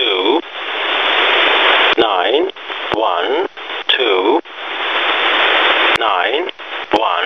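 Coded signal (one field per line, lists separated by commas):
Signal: numbers station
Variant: E07a, English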